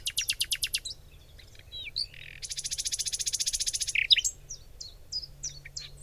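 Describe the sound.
Bird chirping in rapid bursts, a fast series of high notes and a long buzzy trill, followed by scattered single chirps, with a low steady hum beneath.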